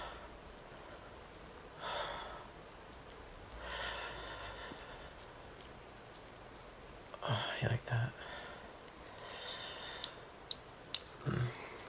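Heavy, airy breaths from a man come in slow waves, near two seconds, around four, and again after seven, where a low voiced moan joins in with a few rough grunts. A handful of sharp clicks snap past near ten seconds before another breath closes it.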